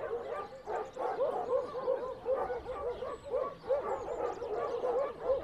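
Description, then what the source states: Dog barking, many quick mid-pitched yaps. Dogs, recorded on Spetses.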